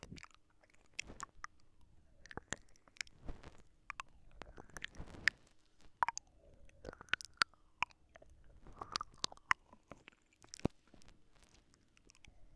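Soft, slow mouth sounds: gentle blowing and little tongue-flicking "lalala" noises, with wet clicks and smacks scattered irregularly throughout. Short bright pops land every second or so, between quieter airy breaths and brief whistly tones around the middle and later.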